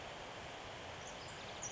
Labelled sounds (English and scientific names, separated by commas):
Pacific Wren (Troglodytes pacificus)